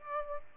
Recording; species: mosquito wingbeat signal from an infrared sensor; Aedes aegypti